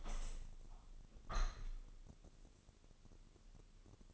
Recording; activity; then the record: daily activity, microphone in the room; open window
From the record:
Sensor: 4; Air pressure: 1001.3 hPa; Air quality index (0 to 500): 174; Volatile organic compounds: 2 ppm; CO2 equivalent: 1247 ppm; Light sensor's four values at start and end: 12/28/11/12 and 12/28/11/12